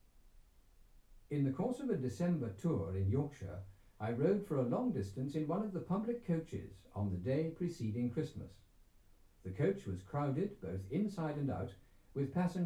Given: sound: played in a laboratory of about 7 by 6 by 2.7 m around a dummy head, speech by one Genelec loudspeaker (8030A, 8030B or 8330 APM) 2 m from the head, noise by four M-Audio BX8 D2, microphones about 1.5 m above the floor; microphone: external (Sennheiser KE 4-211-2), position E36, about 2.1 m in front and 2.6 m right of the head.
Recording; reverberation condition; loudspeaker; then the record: male speech in English; low; 90 degrees to the right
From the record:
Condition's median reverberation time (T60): about 310 ms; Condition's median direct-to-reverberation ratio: about 3.5 dB